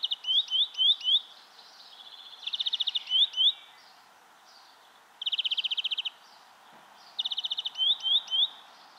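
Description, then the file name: European greenfinch song: rapid rattling trills and upslurred twitters in repeated phrases, with brief pauses between bursts and light background noise. "Chloris chloris"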